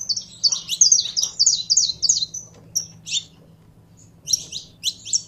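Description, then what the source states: Canary song: rapid high chirps and trills in quick bursts, a varied warbling run at first, then scattered notes after a short pause, over a low steady hum. Pure Belgian canary breed.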